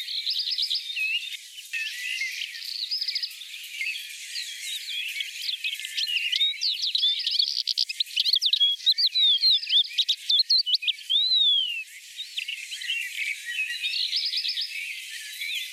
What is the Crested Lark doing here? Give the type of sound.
song